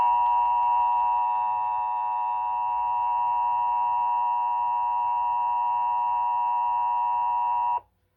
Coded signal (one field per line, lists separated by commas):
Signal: Emergency Alert System (SAME) tones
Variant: 853 and 960 Hz attention tone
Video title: KCLU-FM Ventura County Required Monthly Test (EAS #519) 11/2/21